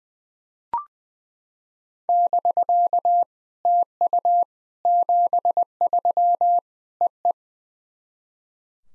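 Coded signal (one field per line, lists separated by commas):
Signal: Morse code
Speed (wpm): 20 wpm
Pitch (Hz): 700 Hz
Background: none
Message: <BK> TU 73 EE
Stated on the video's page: SOTA QSO practice at 20 wpm: each exchange sent in Morse, then spoken, then sent again in Morse.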